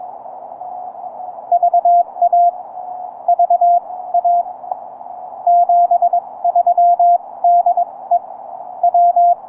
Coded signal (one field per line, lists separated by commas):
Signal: Morse code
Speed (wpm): 21 wpm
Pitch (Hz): 690 Hz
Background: none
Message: VA VA 73 DE W